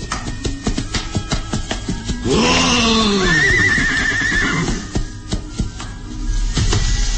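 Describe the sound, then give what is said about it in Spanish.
A horse being reined in to a stop by its rider in a valley on a mild sunny morning lets out a loud, shaky neigh that rises and trembles for about two seconds over a busy background of rustling and light clattering, with no voices. “El tibio sol de la mañana se extiende por el valle en suave caricia, y luego el barón tira de las riendas de su caballo para detenerlo.”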